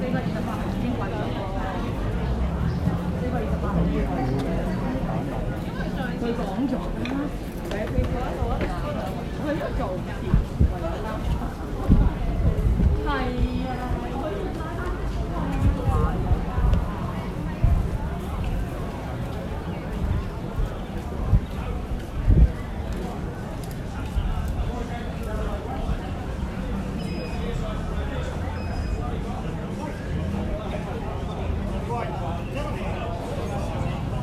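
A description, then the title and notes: Busy public square in Sai Kung, full of overlapping chatter from many people. The crowd murmur stays steady throughout, with occasional louder voices and sharp knocks or footsteps, especially around the middle and near twenty-two seconds. Sai Kung Square (New Territories, SAR Hong Kong/China).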